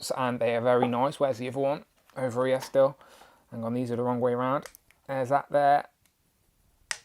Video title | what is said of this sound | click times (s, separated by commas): NECA Krang Android Body Teenage Mutant Ninja Turtles Deluxe Figure Review | click you can hear the clicks there's the second one | 6.9 s